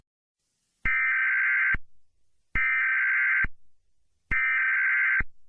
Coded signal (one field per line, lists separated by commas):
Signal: Emergency Alert System (SAME) tones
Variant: header bursts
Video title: EAS Scenario #18 : Sea Level Rise Outbreak (Requested by: @ImperialKentucky2022)